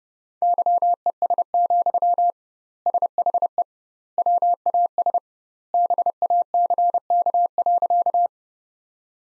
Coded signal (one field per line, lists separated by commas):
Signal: Morse code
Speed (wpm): 30 wpm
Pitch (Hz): 700 Hz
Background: none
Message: YES, SHE WAS BACK.